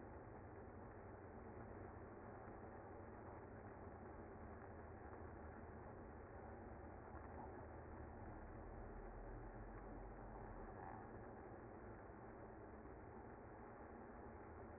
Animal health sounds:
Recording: honeybee colony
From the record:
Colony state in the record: active

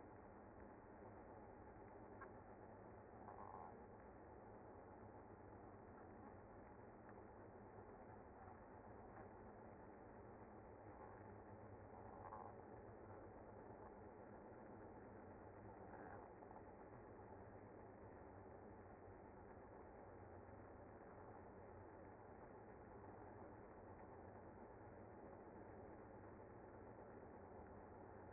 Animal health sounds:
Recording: honeybee colony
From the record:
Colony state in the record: active

